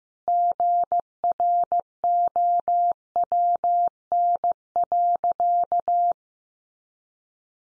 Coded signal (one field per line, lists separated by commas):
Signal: Morse code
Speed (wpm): 15 wpm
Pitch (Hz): 700 Hz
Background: none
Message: GROWN.